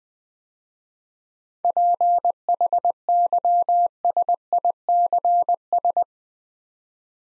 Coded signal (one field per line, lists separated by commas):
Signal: Morse code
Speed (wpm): 20 wpm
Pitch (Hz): 700 Hz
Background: none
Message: PHYSICS